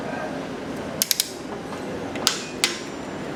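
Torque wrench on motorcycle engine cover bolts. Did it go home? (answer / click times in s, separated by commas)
yes / 2.6 s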